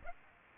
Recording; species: mosquito wingbeat signal from an infrared sensor; Aedes aegypti